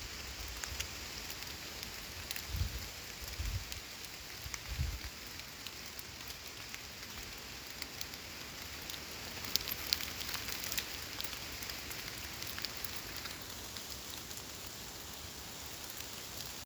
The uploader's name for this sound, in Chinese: 雨天的韩国济州岛Hawnsang森林Gotjawal公园